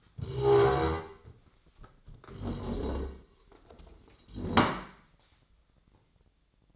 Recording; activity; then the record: daily activity, microphone in the room; stand up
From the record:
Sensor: 3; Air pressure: 1012.3 hPa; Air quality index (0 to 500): 174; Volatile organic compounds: 3 ppm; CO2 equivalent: 1336 ppm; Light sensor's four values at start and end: 65/159/72/80 and 98/204/104/118